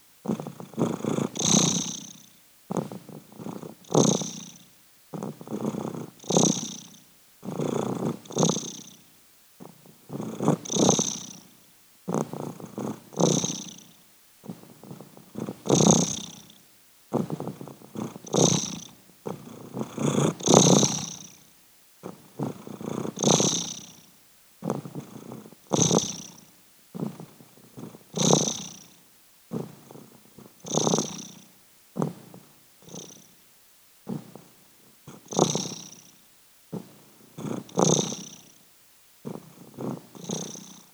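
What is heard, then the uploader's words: Spooky the cat purrs steadily, each rumbling breath cycle lasting about a second with short quiet gaps between, roughly every two seconds across the whole stretch. The purr is low and throaty with a soft airy hiss on top, and its rhythm stays even throughout. Spooky Is Purring. Her relaxing purrrrrr.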